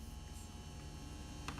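A bottom-out peg is pressed by hand into the air spring assembly of a bicycle suspension fork. A steady electrical hum runs throughout, with a brief, sharp handling tick near 1.5 s. Nothing has seated or clicked yet.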